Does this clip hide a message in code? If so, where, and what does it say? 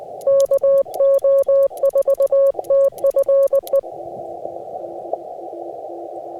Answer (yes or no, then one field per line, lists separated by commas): yes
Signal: Morse code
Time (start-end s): 0.3-3.8 s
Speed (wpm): 20 wpm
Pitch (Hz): 550 Hz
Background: music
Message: KO4TFE